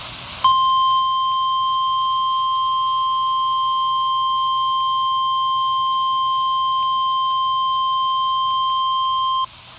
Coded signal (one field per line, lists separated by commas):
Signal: Emergency Alert System (SAME) tones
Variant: 1050 Hz attention tone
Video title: (EAS "#786") GSP Severe Thunderstorm Warning from WNG588 (Jefferson, NC) - 6/17/2025